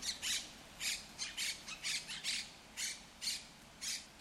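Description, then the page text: Monk parakeet giving loud, grating squawks in an uneven series. Monk Parakeets in El Retiro park, Madrid, Spain; said to be the largest population in Europe. "Cities and Memory - remixing the world. Monk parakeets in Madrid. Madrid has the greatest population of Monk Parakeets in Europe, many of whom can be seen and heard in the El Retiro park"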